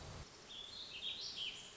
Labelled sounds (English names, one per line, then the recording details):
Warbling Vireo
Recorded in Sonoma County, California